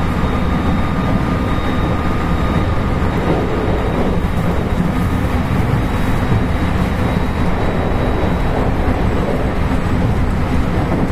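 A JR West 223 series electric train running, heard as a steady, dense low rumble that holds an even level for the whole clip. A thin, constant whine rides above the roar, with faint brief rattles around the four- to six-second mark.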